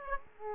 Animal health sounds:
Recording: mosquito wingbeat signal from an infrared sensor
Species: Aedes aegypti

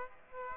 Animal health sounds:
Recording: mosquito wingbeat signal from an infrared sensor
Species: Aedes aegypti

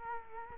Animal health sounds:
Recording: mosquito wingbeat signal from an infrared sensor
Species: Culex quinquefasciatus

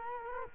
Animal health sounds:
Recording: mosquito wingbeat signal from an infrared sensor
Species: Culex quinquefasciatus

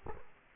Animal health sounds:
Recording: mosquito wingbeat signal from an infrared sensor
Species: Culex quinquefasciatus

